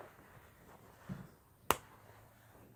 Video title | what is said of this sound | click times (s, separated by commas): Assemble of reborn using string ties | You can hear it snapping. | 1.7 s